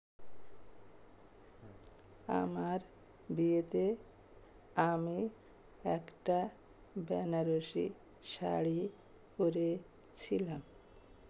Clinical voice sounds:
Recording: elicited speech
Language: Bengali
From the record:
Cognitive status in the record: dementia

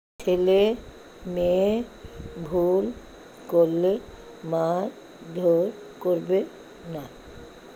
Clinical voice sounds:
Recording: elicited speech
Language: Bengali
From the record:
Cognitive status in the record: dementia

